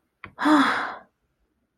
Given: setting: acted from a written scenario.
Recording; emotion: vocal sound without words; relief